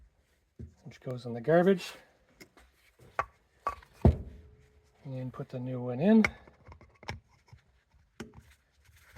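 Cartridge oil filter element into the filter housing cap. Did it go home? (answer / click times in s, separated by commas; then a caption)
no / none. A new paper cartridge oil filter element for a 2015 Toyota Camry is handled on its way into the plastic, spring-loaded filter housing cap while someone talks. Brief sharp taps and knocks of handling come through around 3.2, 3.7, 4.1, 7.1 and 8.2 seconds. Nothing has seated or clicked into the cap yet.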